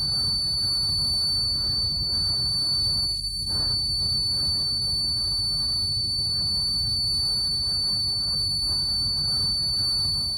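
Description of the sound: Simulated tinnitus produced by a device: a steady high-pitched whistling tone with a broad hiss, an example of how tinnitus can sound. Only the affected person hears these noises; they arise not in the ear but in the brain.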